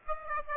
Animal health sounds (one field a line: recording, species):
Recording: mosquito wingbeat signal from an infrared sensor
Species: Aedes aegypti